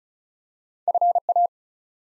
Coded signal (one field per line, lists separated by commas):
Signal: Morse code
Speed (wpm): 36 wpm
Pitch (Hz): 700 Hz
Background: none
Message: FA